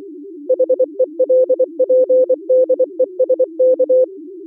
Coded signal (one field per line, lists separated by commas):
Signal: Morse code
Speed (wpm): 24 wpm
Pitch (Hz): 510 Hz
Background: music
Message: HELPDESK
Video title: Daily Minutes, November 19, 2015, with low level Contestia data.